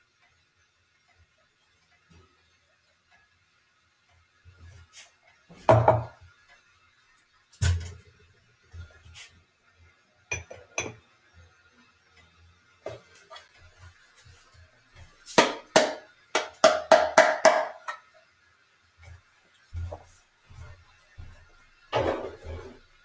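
Someone making an Americano with a Moka pot: scattered clinks, knocks and clatters of metal and glass against a quiet background. Single sharp hits come around 6, 8 and 11 seconds, a quick cluster of rattling clicks near 15–18 seconds, then another bang near 22 seconds.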